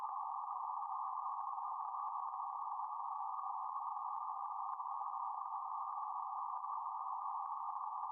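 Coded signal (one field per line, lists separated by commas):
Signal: PSK31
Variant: BPSK31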